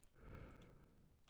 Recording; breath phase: one breath near a microphone; exhalation